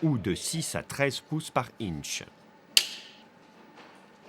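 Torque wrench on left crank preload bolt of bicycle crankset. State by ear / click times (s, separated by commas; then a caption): torque reached / 2.8 s. Someone talks, then a torque wrench tightening the M18 preload bolt of the left crank on a bicycle crankset (FSA MegaExo alloy road crankset with EE084 adapter on a BB386EVO frame), set to 0.7–1.5 Nm, gives a single sharp click at 2.8 s. The click shows the wrench breaking over at its setting, and the bolt is torqued.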